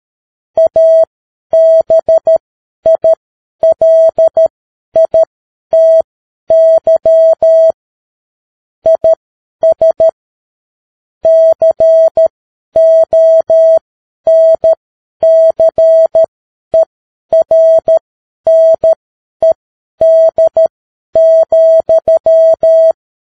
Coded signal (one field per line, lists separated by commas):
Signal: Morse code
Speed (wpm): 13 wpm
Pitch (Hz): 650 Hz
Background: none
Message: ABILITY IS CONCERNED,